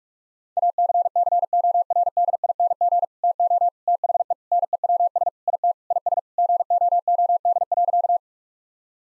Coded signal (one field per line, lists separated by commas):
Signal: Morse code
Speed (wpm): 41 wpm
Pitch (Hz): 700 Hz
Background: none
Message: ACCORDING TO THE NEWS IT IS GOOD.